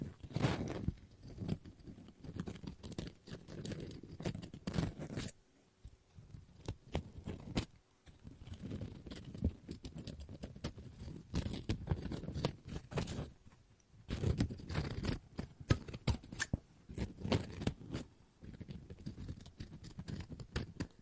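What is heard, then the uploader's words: Scissors snip and cut through paper in busy bursts of crisp, rapid clicks and rustles, with short quiet pauses near five and thirteen seconds. ASMR Scissors No Talking Snips and Cutting Paper.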